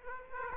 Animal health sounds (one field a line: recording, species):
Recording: mosquito wingbeat signal from an infrared sensor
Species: Aedes aegypti